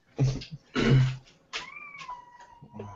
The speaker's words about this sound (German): Ja, war das eine Katze? Ja.